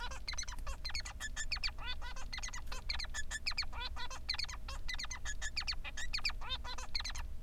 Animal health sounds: song of a male Bengalese finch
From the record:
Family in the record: son of father 3

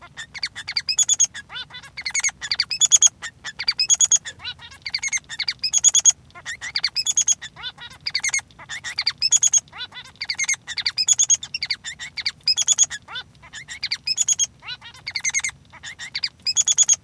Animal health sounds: song of a male Bengalese finch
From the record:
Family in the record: son of father 3

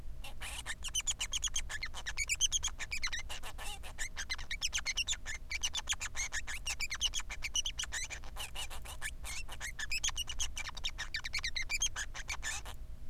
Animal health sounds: song of a male Bengalese finch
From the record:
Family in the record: son of father 3

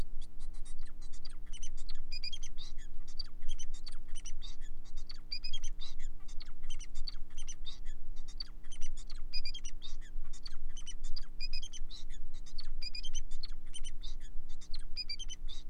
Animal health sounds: song of a male Bengalese finch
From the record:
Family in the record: son of father 4

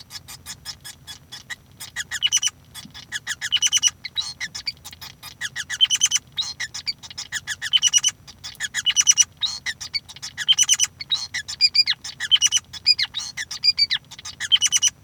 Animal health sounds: song of a male Bengalese finch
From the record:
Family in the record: son of father 5

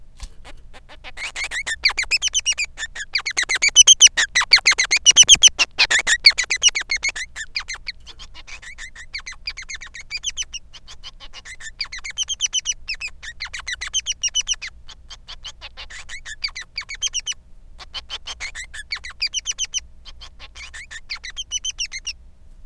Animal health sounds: song of a male Bengalese finch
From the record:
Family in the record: son of father 3

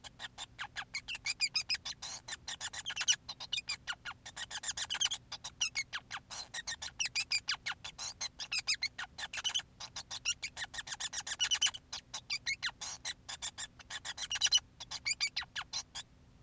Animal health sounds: song of a male Bengalese finch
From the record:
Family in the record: son of father 5

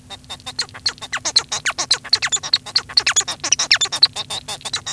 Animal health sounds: song of a male Bengalese finch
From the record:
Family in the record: son of father 1

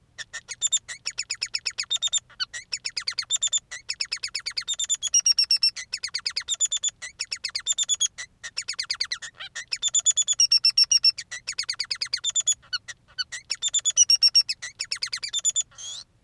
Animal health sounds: song of a male Bengalese finch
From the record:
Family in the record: son of father 3

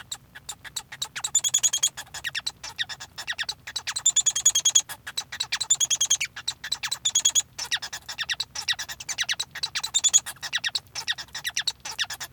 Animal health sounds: song of a male Bengalese finch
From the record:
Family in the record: son of father 1

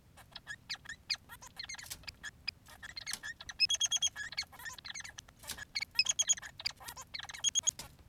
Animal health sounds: song of a male Bengalese finch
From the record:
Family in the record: son of father 3

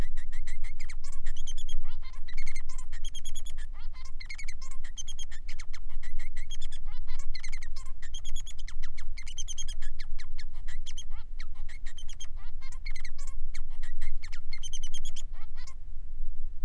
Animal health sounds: song of a male Bengalese finch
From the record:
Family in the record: son of father 3

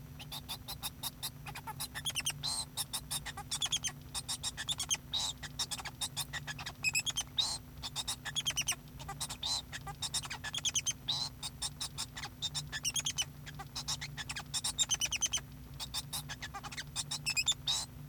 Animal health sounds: song of a male Bengalese finch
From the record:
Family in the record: son of father 2

